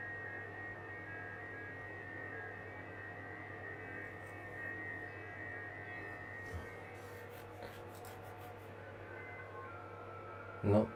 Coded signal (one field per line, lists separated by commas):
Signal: FT8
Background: speech